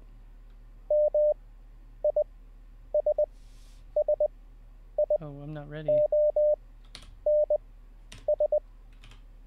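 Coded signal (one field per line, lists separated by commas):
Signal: Morse code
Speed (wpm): 20 wpm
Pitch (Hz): 600 Hz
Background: speech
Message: MISSIONS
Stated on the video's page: Morse code practice during a live-streamed daily learning session.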